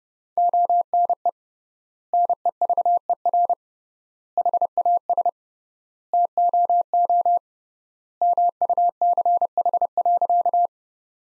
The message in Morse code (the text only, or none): ONE NEVER HAS TOO MUCH.